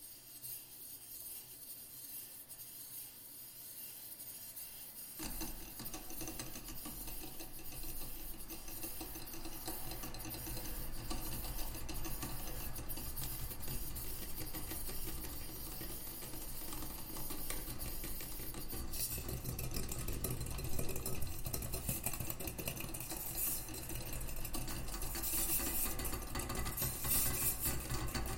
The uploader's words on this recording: Objects: Anglepoise. Sounds made with my Anglepoise desk lamp. Nothing is reversed, time-stretched, etc., just cut & pasted, layered up and with a touch of EQ, panning, compression and reverb to pull it all together. All sounds recorded in my studio using a Zoom h4n recorder (internal mics).